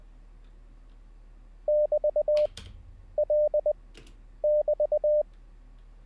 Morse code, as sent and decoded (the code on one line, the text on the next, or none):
-...- .-.. -...-
<BT>L<BT>